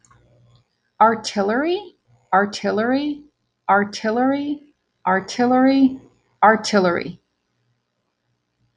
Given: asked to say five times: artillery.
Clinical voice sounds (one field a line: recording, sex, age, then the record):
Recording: repeated word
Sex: female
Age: 40 to 49 years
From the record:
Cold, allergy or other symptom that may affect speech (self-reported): no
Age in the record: 45 years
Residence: Florida, United States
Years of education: 17